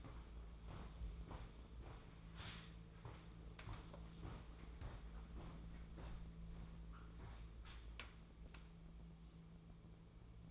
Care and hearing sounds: daily activity, microphone in the room; walk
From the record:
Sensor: 1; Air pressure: 1005.6 hPa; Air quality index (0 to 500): 127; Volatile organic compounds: 5 ppm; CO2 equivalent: 1783 ppm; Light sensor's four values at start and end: 11/27/11/12 and 11/27/11/12

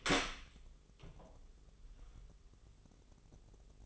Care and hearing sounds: daily activity, microphone in the room; open door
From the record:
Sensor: 4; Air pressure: 996.9 hPa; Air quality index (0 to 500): 40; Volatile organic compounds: 1 ppm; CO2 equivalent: 644 ppm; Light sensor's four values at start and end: 19/46/18/19 and 18/41/17/17

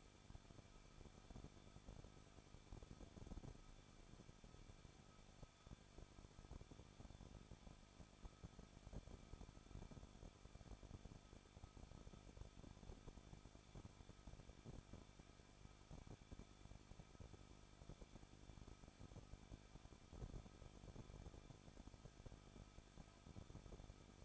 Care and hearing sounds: daily activity, microphone in the room; no activity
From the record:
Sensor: 5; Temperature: 20.8 degrees Celsius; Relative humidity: 38.3%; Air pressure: 1006.4 hPa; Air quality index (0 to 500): 190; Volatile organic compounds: 19 ppm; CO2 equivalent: 2672 ppm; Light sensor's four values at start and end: 2/3/1/1 and 2/3/1/1

